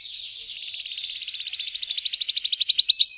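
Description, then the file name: Canary song: a quickly repeated high trill that grows louder and slightly slower, the notes becoming more distinct toward the end. Singing Belgian canary, red frosted colour variety. "canto do canario belga vermelho nevado"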